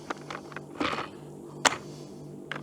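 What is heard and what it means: A battery pack is pushed back into the slot of a DeWalt DCMCS575N cordless chainsaw after it was found not fully engaged, even though it looked fine. After some light handling noise and a brief rustle around 0.8 s, a sharp click at 1.7 s marks the battery latching into place, seated.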